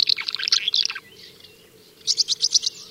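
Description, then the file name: Common house martin chirping, a quick run of dry twittered notes, a soft pause, then another short rattling burst of chirps. "Oknówka"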